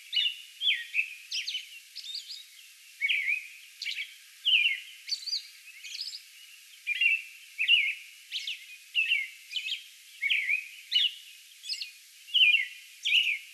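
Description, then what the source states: American robin delivering a continuous song bout of warbled phrases and brief high notes, roughly one every second or less. Song bout, recorded on May 11.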